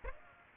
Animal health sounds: mosquito wingbeat signal from an infrared sensor; Aedes aegypti

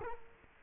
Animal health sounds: mosquito wingbeat signal from an infrared sensor; Culex quinquefasciatus

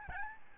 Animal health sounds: mosquito wingbeat signal from an infrared sensor; Aedes albopictus

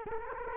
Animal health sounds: mosquito wingbeat signal from an infrared sensor; Culex quinquefasciatus

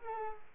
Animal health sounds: mosquito wingbeat signal from an infrared sensor; Culex pipiens

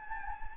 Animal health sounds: mosquito wingbeat signal from an infrared sensor; Anopheles gambiae

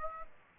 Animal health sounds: mosquito wingbeat signal from an infrared sensor; Aedes aegypti

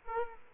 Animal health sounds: mosquito wingbeat signal from an infrared sensor; Culex quinquefasciatus

